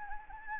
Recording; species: mosquito wingbeat signal from an infrared sensor; Anopheles gambiae